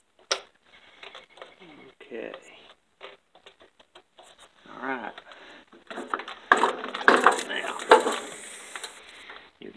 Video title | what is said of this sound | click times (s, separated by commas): Primer Bulb Collapsing Solution | heard that snap and we'll snap this side in okay | 0.3 s